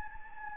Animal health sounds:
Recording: mosquito wingbeat signal from an infrared sensor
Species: Anopheles gambiae

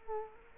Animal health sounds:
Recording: mosquito wingbeat signal from an infrared sensor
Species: Culex quinquefasciatus

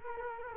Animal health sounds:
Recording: mosquito wingbeat signal from an infrared sensor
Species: Culex quinquefasciatus

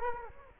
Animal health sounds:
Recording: mosquito wingbeat signal from an infrared sensor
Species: Culex quinquefasciatus

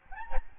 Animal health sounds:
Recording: mosquito wingbeat signal from an infrared sensor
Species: Aedes albopictus

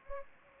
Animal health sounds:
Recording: mosquito wingbeat signal from an infrared sensor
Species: Anopheles gambiae

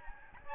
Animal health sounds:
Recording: mosquito wingbeat signal from an infrared sensor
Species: Aedes albopictus

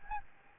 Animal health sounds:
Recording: mosquito wingbeat signal from an infrared sensor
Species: Aedes albopictus

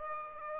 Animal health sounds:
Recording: mosquito wingbeat signal from an infrared sensor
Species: Aedes aegypti

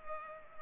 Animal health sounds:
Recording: mosquito wingbeat signal from an infrared sensor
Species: Culex pipiens

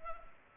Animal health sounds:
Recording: mosquito wingbeat signal from an infrared sensor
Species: Culex pipiens

